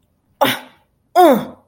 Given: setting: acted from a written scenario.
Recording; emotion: vocal sound without words; anger